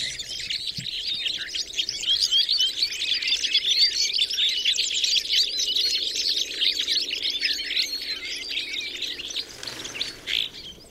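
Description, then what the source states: Red crossbill calls from many birds at once, rapid overlapping chirps forming a busy twittering mass that thins slightly near the end. Recorded in the Rusel area on 15 November 2014.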